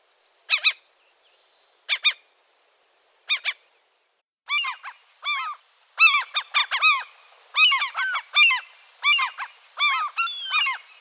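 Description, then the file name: Common gull calls: a few spaced double yelps, then a building series of rapid, arched, nasal mewing notes repeated in quick runs. "Larus canus"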